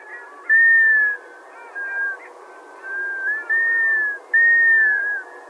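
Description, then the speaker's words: Black scoter whistles: several long, plaintive whistled notes. Migrant flocks of locally wintering sea ducks on ocean and bay, passing through on their way to subarctic breeding grounds; mournful, plaintive minor-key whistles. "Their plaintive, minor-key calls always make me think they're sad to be leaving."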